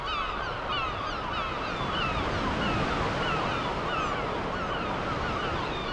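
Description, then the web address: Gull calls, many overlapping short mewing cries from a flock, heard almost continuously through steady roaring waves. Gulls over ocean waves at the seaside. "Deezer - Dormir au bord de l'océan 32-Vagues et mouettes"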